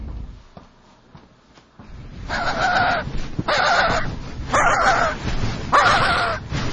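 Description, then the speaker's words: Skua giving harsh, nasal calls in repeated bursts after two seconds of quiet, about one call per second. Cape Royds, Antarctica; skuas calling as a person comes too close to their nest; skuas steal penguin eggs. "And this is what happens when you get too close to a skua nest."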